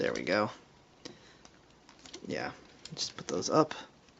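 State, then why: Not seated. Plastic shoulder spikes on a Transformers Prime Beast Hunters Bumblebee transforming robot action figure are being raised toward their locked up position while someone talks. Faint plastic handling ticks and taps come through between the speech. The clip ends before the spikes go home, and nothing has seated or clicked into place yet.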